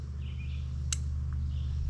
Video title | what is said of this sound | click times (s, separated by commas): THE ROCKTOL 29 IN 1 MULTI TOOL - WOULD YOU BE SATISFIED 🤔 | nice click there. | 0.9 s